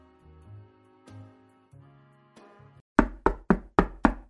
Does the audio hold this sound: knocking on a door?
yes